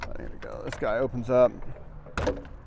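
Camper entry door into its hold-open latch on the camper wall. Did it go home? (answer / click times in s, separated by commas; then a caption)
no / none. A camper entry door is handled and swung open toward its hold-open catch on the outside camper wall while someone talks, with brief mechanical rattles and a short bang near 2.2 s. The clip ends before the door goes into the catch, so nothing has seated or clicked yet.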